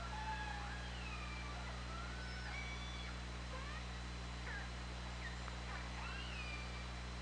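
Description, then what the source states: Orca calls: several sweeping calls rising and falling in quick succession over a steady low hum. On an OrcaLab hydrophone, 24 August 2017, at 20:29:41.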